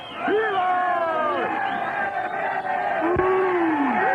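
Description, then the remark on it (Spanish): A large crowd roars in a loud, sustained ovation at a sports match between the Gavilanes and the Opilotes, many voices cheering and whooping together for several seconds, with a few rising and falling yells standing out above the steady din. “¡Escuchen esa ovación!”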